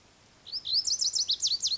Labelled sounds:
Lazuli Bunting
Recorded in Sonoma County, California

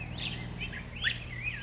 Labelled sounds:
Black-headed Grosbeak
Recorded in Sonoma County, California

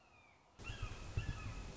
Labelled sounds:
Red-shouldered Hawk
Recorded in Sonoma County, California

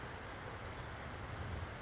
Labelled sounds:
California Towhee
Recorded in Sonoma County, California

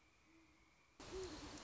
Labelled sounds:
Great Horned Owl
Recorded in Sonoma County, California

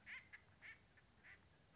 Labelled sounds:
Acorn Woodpecker
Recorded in Sonoma County, California

